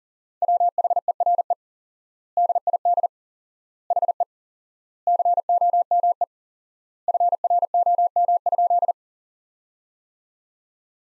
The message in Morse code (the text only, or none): WHERE DID HE COME FROM?